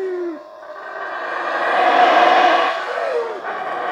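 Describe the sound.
Black howler monkey howl: a deep rough roar that swells to a loud peak midway, then eases off, with a short sliding tone near the start.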